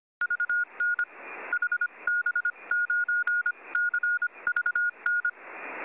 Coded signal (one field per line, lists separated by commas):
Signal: Morse code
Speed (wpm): 25 wpm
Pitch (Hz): 1440 Hz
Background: none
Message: VN HB9CVN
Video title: Archive Record | 23rd June 2023 | Morse